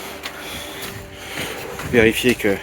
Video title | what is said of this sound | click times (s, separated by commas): PORTE VELO - TESLA | Donc on a entendu les deux clips, | 0.3 s